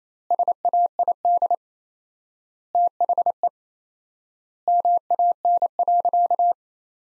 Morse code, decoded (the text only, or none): SAID THE MAN.